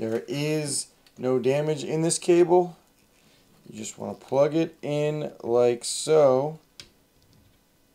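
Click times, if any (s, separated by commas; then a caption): 6.8 s. Someone talks while an undamaged 8-pin PCIe power cable plug is pushed into the power socket on a 5060 Ti graphics card. One sharp click at 6.8 s marks the plastic latch engaging, followed by two faint ticks, and the connector is seated.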